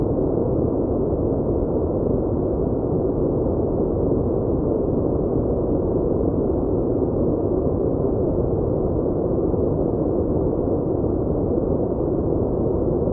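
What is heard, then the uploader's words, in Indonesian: Calm, steady white noise, muffled and deep, with a soft rumbling hiss and nothing bright or sharp on top. It holds at an even level throughout, with no changes, breaks or other sounds. Bunyi Tidur Hingar Putih. Hingar putih tenang ini.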